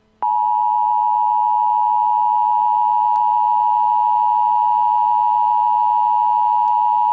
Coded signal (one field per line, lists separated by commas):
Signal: Emergency Alert System (SAME) tones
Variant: 853 and 960 Hz attention tone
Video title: EAS Scenario Special - The Crazy Freezever